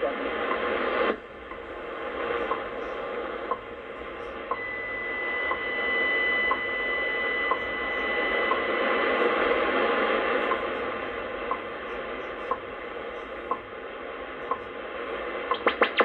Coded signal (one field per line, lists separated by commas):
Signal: radio time signal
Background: speech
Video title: 25000 kHz WWV 2 hours after sunset promises some great propagation this winter!